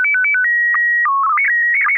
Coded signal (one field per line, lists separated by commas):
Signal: SSTV (slow-scan television)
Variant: PD 120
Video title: N6NA SSTV Net - 04/24/2024